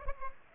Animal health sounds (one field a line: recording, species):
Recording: mosquito wingbeat signal from an infrared sensor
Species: Aedes aegypti